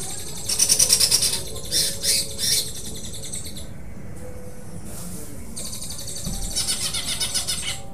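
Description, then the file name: Greater green leafbird: bird song of bursts of dense buzzy chattering, then a quieter stretch with faint notes before another long harsh rattle; low hum in the background. Cucak hijau song with "tembakan" and parakeet-style "besetan" phrases; Indonesian bird-training recording. "cucak hijau dengan tembakan dan besetan parkit"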